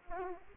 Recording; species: mosquito wingbeat signal from an infrared sensor; Aedes aegypti